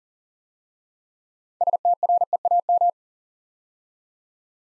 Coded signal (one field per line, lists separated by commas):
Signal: Morse code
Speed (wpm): 39 wpm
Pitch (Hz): 700 Hz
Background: none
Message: STREAM